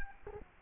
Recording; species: mosquito wingbeat signal from an infrared sensor; Culex quinquefasciatus